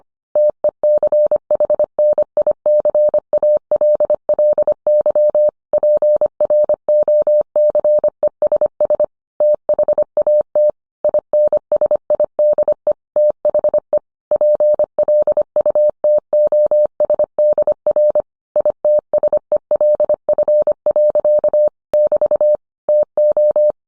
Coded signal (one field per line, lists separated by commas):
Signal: Morse code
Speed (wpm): 25 wpm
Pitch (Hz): 600 Hz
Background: none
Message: TECHNICALLY PROCESS THAT INSIDE THE PLUTOSDR ITSELF. <BT> TO